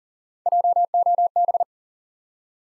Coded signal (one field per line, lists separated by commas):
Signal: Morse code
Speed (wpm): 39 wpm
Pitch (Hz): 700 Hz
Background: none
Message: JOB